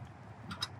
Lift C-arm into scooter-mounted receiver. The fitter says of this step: push it in until it clicks